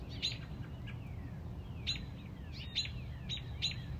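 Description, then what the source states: Robin chipping sharply several times, while thin falling whistles from another bird sound between the chips; low background hum. Mother robin on a front porch protecting a newly hatched chick.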